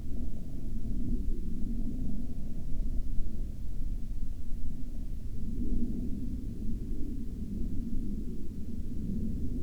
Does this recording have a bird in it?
no